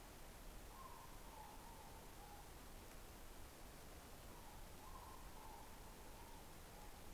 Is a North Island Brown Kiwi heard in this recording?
no